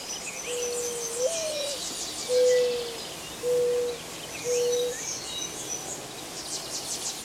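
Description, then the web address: Mourning dove cooing: a soft, low, rising and falling first coo followed by three steady, hollow notes, with faint high insect chirps behind. "101 Bird Songs. Mourning Dove"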